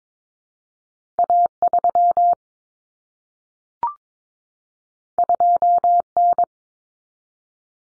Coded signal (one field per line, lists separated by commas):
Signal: Morse code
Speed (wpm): 22 wpm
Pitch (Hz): 700 Hz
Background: none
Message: A3 2N